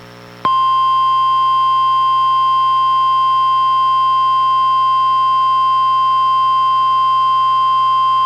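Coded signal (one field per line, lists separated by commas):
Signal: Emergency Alert System (SAME) tones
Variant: 1050 Hz attention tone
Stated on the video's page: NOAA Weather Radio required weekly test from NWS Portland, relayed by transmitter KEC91 in Astoria, received on a Reecom R-1630 weather radio.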